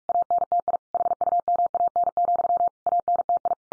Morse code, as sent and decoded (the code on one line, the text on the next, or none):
.- -. - .. / .... ..- -- .- -. --..-- / .- -. - ..
ANTI HUMAN, ANTI